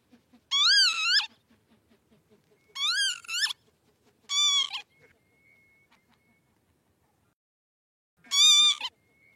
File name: canto do abibe comum